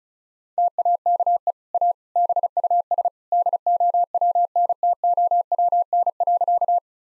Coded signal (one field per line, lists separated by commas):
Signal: Morse code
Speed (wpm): 36 wpm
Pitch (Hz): 700 Hz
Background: none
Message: TAKE A BUS DOWNTOWN.